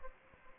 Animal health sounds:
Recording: mosquito wingbeat signal from an infrared sensor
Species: Aedes aegypti

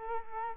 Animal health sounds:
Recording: mosquito wingbeat signal from an infrared sensor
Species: Culex quinquefasciatus

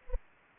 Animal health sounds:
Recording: mosquito wingbeat signal from an infrared sensor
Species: Anopheles arabiensis

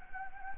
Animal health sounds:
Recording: mosquito wingbeat signal from an infrared sensor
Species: Anopheles gambiae

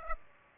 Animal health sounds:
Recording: mosquito wingbeat signal from an infrared sensor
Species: Aedes aegypti

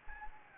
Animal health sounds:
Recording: mosquito wingbeat signal from an infrared sensor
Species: Anopheles gambiae

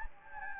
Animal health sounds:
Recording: mosquito wingbeat signal from an infrared sensor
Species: Anopheles gambiae

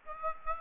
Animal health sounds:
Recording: mosquito wingbeat signal from an infrared sensor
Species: Aedes aegypti

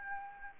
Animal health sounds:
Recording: mosquito wingbeat signal from an infrared sensor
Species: Anopheles arabiensis

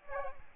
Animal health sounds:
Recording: mosquito wingbeat signal from an infrared sensor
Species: Aedes albopictus

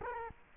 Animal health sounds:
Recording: mosquito wingbeat signal from an infrared sensor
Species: Culex quinquefasciatus

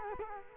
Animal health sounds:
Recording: mosquito wingbeat signal from an infrared sensor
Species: Culex quinquefasciatus

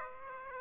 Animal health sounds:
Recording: mosquito wingbeat signal from an infrared sensor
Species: Aedes aegypti

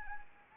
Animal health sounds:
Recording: mosquito wingbeat signal from an infrared sensor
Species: Anopheles arabiensis

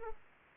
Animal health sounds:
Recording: mosquito wingbeat signal from an infrared sensor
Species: Aedes aegypti

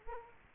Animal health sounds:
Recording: mosquito wingbeat signal from an infrared sensor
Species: Culex quinquefasciatus

